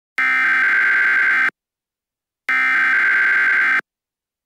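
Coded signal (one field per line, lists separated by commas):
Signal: Emergency Alert System (SAME) tones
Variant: header bursts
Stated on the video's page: Mock EAS scenario, simulated.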